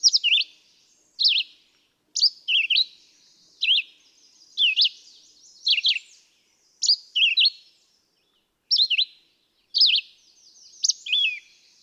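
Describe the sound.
Red-eyed vireo song: short, sharp slurred whistled phrases, rising and falling, repeated about once a second with brief pauses between them.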